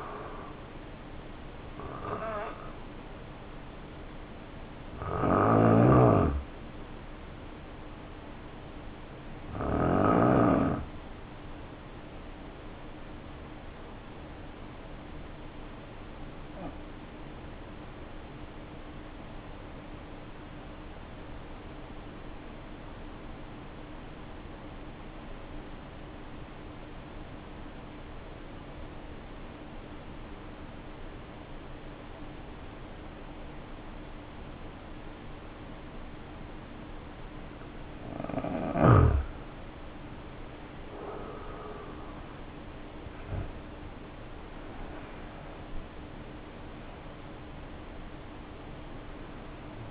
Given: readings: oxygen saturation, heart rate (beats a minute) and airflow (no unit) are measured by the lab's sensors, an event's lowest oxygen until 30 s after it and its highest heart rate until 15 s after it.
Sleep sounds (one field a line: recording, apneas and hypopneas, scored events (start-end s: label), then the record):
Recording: breathing in sleep by a voice recorder at the bedside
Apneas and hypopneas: 1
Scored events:
13.00-37.50 s: obstructive apnea (N2, oxygen 95% highest, then 75% lowest, heart rate 57 at the start, 78 highest)
From the record:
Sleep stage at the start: N2 (light sleep)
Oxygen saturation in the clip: 76 to 95%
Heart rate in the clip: 51 to 78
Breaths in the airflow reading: 5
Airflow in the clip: -9.1 to 8.4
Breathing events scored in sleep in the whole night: 520 in 7.2 hours asleep